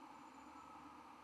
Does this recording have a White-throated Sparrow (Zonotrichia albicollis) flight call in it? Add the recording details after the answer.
no. No flight call is heard. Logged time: 00:42 on 12 November 2014